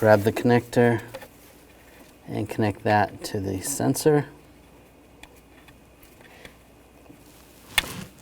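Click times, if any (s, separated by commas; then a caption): 7.8 s. Someone talks while the electrical connector is plugged onto the level sensor of the coolant reservoir on a 2007-2013 BMW X5. After a quiet stretch with a few faint taps, a sharp click at 7.8 s marks the connector locking in place, and it is confirmed seated.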